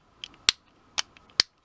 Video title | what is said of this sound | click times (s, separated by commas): Galactic Odyssey RATCHET : TRANSFORMATION ! | ici ça va venir se clipser et on peut venir ouvrir | 0.5 s, 1.4 s